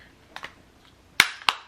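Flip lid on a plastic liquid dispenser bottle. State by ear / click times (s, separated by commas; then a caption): seated / 1.2 s, 1.5 s. The plastic flip lid of a one-hand liquid dispenser bottle is closed and snaps shut. Two faint taps come first, then two sharp clicks at 1.2 s and 1.5 s as the lid clips firmly into place.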